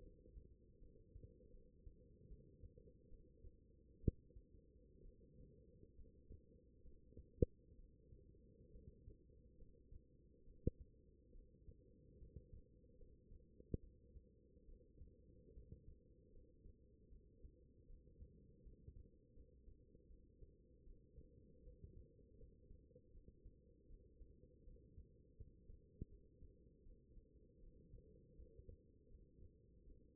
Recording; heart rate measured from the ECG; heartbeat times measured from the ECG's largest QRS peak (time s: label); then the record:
heart sounds by stethoscope; 74 bpm
0.78 s: heartbeat
1.50 s: heartbeat
2.27 s: heartbeat
3.08 s: heartbeat
3.99 s: heartbeat
5.01 s: heartbeat
5.94 s: heartbeat
6.81 s: heartbeat
7.75 s: heartbeat
8.71 s: heartbeat
9.56 s: heartbeat
10.43 s: heartbeat
11.31 s: heartbeat
12.17 s: heartbeat
12.96 s: heartbeat
13.79 s: heartbeat
14.65 s: heartbeat
15.53 s: heartbeat
16.30 s: heartbeat
17.08 s: heartbeat
17.86 s: heartbeat
18.62 s: heartbeat
19.33 s: heartbeat
20.07 s: heartbeat
20.83 s: heartbeat
21.62 s: heartbeat
22.36 s: heartbeat
23.11 s: heartbeat
23.86 s: heartbeat
24.63 s: heartbeat
25.35 s: heartbeat
26.08 s: heartbeat
26.82 s: heartbeat
27.59 s: heartbeat
28.35 s: heartbeat
29.08 s: heartbeat
29.84 s: heartbeat
From the record:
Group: healthy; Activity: rest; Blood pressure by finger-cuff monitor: 109/70 mmHg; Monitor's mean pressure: 85 mmHg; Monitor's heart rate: 77 bpm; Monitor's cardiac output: 6.9 L/min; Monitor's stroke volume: 91 mL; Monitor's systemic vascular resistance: 890 dyn s/cm5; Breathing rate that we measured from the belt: 18 breaths a minute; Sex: female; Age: 23 years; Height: 160 cm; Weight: 50.4 kg